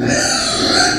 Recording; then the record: squeal of a Yucatan mini pig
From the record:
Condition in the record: before surgery on the right vocal fold (resection and tissue-engineered implant); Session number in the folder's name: 3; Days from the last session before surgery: 0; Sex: female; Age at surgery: 19 weeks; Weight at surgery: 25 kg